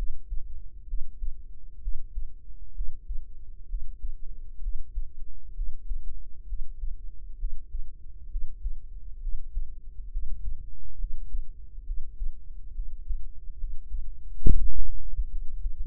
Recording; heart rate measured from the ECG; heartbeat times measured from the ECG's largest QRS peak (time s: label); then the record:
heart sounds by microphone in the right ear; 67 bpm
0.85 s: heartbeat
1.80 s: heartbeat
2.73 s: heartbeat
3.66 s: heartbeat
4.59 s: heartbeat
5.53 s: heartbeat
6.45 s: heartbeat
7.36 s: heartbeat
8.28 s: heartbeat
9.19 s: heartbeat
10.09 s: heartbeat
10.96 s: heartbeat
11.83 s: heartbeat
12.72 s: heartbeat
13.56 s: heartbeat
14.41 s: heartbeat
15.27 s: heartbeat
From the record:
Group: healthy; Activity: breath hold 0-14 s, rest 14-16 s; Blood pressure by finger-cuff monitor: 101/64 mmHg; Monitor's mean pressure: 81 mmHg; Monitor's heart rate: 66 bpm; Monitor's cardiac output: 6.2 L/min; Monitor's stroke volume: 95 mL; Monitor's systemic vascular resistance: 930 dyn s/cm5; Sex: female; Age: 22 years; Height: 160 cm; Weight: 45 kg